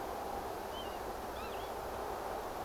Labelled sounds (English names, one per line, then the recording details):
Northern Lapwing
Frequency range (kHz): Northern Lapwing 2.1-4.2 kHz
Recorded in France